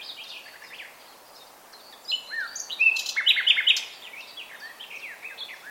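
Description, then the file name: Common nightingale song, a louder burst of rapid, varied notes and chirps in the middle, among quieter chirps before and after. "Luscinia megarhynchos"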